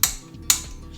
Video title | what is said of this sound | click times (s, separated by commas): This 25 Year-Old Moto Suspension Was Completely Ruined...Until Now - KX250 Rebuild 8 | You're going to hear it click into place. | 0.0 s, 0.5 s